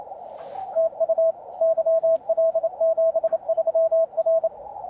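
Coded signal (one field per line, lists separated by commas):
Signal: Morse code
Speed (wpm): 30 wpm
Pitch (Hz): 650 Hz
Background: none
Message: TU YL 73 R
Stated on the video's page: On-air CW contact testing a home-brew elevated vertical antenna with elevated tuned radials.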